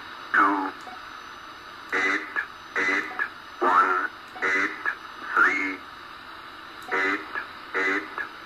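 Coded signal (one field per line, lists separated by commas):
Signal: numbers station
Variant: E06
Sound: distorted voice reading short evenly spaced words over a hissy radio background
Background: radio static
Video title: E06 Russian numbers station on 7844 kHz AM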